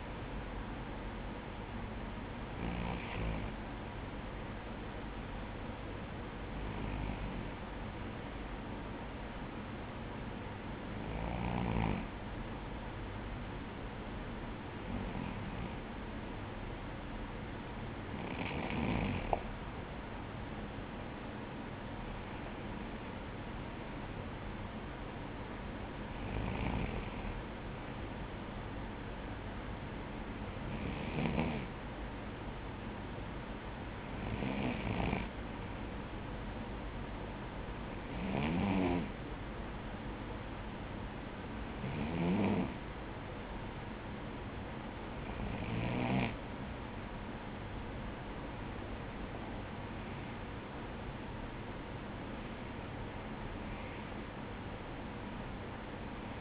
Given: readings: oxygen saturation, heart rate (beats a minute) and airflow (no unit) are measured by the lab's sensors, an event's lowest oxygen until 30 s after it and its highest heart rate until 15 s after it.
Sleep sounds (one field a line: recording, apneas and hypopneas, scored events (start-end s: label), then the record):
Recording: breathing in sleep by a voice recorder at the bedside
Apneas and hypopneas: none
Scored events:
none scored
From the record:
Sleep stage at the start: N2 (light sleep)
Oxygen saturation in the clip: 94 to 95%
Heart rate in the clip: 50 to 57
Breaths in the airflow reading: 15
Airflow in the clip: -8.4 to 6.1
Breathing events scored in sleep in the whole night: 180 in 6.7 hours asleep